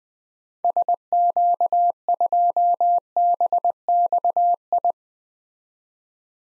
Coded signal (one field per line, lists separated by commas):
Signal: Morse code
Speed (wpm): 20 wpm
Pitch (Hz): 700 Hz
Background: none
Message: SQ2BXI